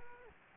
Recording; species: mosquito wingbeat signal from an infrared sensor; Aedes aegypti